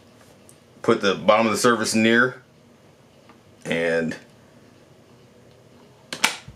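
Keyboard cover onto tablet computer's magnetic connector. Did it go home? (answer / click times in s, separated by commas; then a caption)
yes / 6.1 s, 6.2 s. Someone talks, then the bottom edge of a base-model Microsoft Surface Pro 7 tablet is brought near the magnetic connector of its keyboard cover. The cover snaps into place with a sharp double click at 6.1 and 6.2 seconds, and is seated.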